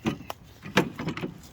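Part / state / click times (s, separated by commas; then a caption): folding panel into a lawn tractor dump trailer / seated / 0.8 s. A folding panel on a Cub Cadet lawn tractor's dump trailer is lowered flat, then pushed back up until it snaps into its locked position. Short knocks at 0.1 s and 0.3 s lead to the loudest sharp snap at 0.8 s, followed by lighter rattles around 1.1–1.2 s. The panel is seated and locked back in place.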